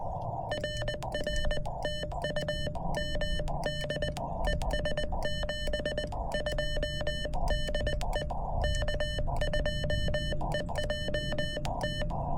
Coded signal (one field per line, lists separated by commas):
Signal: Morse code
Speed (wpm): 20 wpm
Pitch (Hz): 3000 Hz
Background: none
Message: RR TU MD ES 72 DE K2EJT